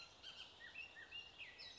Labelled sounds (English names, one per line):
Bullock's Oriole